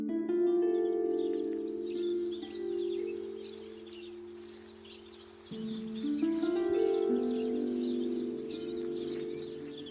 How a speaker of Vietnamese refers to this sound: Những tiếng chim hót líu lo chào đón một ngày mới.